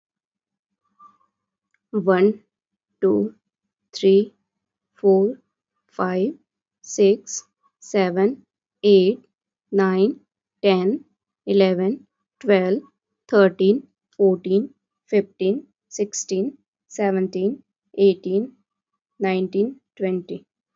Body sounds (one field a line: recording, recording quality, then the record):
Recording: counting at a normal pace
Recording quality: excellent, no background noise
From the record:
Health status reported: respiratory illness, not identified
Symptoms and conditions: fever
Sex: female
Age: 25 years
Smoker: not ticked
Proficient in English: yes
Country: India